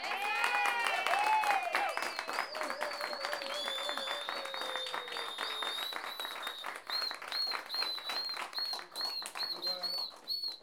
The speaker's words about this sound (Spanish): Las gracias y vamos a aplaudir como que fuera un teatro así grande. ¿Ya?